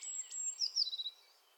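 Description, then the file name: Eurasian blue tit gives a brief high call: a thin whistle, then a few rapid, falling notes that fade out quickly. "Cyanistes caeruleus"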